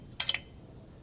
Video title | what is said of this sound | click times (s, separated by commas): Basics for Band - Cleaning Your Trumpet, Part 2 - Re-Assembly & Lubrication | That click means that it's locked into place. | 0.2 s